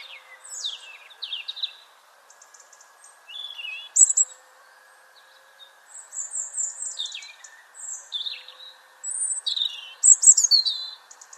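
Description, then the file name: European robin singing varied high, fluttering phrases of trills and falling whistles, each separated by a brief silence, with a constant background hum. "Erithacus rubecula"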